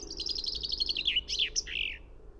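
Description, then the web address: Finch song: a fast, high descending trill of repeated notes ending in a few sharp, slurred flourishes, with a quiet low hum underneath. "fugl b-finke"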